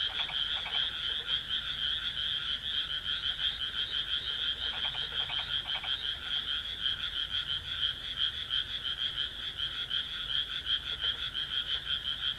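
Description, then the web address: Frogs croaking in a thick, continuous chorus, with groups of lower pulsed croaks at the start, around five seconds, and near eleven seconds. "kaeru kaeru"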